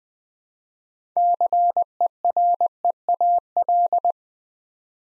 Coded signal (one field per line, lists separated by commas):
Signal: Morse code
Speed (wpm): 20 wpm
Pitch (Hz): 700 Hz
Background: none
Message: CEREAL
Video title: Easy Words with Hints - 20wpm